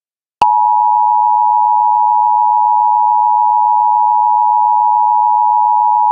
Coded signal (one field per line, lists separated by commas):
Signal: Emergency Alert System (SAME) tones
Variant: 853 and 960 Hz attention tone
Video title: US Emergency Alert Systems 2026 (part 3)